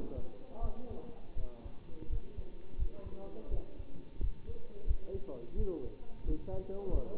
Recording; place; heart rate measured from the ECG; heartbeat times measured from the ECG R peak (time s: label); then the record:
heart sounds by stethoscope; between the tricuspid and mitral areas; 86 bpm
0.61 s: heartbeat
1.36 s: heartbeat
2.09 s: heartbeat
2.78 s: heartbeat
3.50 s: heartbeat
4.20 s: heartbeat
4.86 s: heartbeat
5.56 s: heartbeat
6.25 s: heartbeat
6.92 s: heartbeat
From the record:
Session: bicycle stress test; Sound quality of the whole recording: good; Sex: male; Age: 27 years